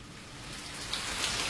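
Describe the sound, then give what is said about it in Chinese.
Steady rain falls in a dense, hissing wash of drops, growing slightly louder toward the end, with a few sharper splashes standing out and no voices. “真的又下雨了，还有雷声，生命中常常有下雨，或者方言里叫落水水的事，其实是一回事。”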